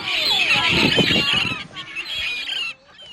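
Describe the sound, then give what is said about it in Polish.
A loud, dense chorus of seagulls calling in the morning on a beach at Hel, Poland, with overlapping high squawks and cries running continuously before dropping away sharply just before the end. “A na Helu budzą go mewy, tak.”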